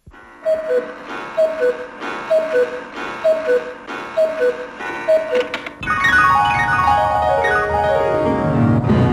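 A ticking clock time signal on Polish Radio's Program Three (Trójka) marking 18:00 on Friday, 8 May 2020: steady, even ticks with short ringing tones about twice a second, then a louder sustained chime that sweeps downward in pitch.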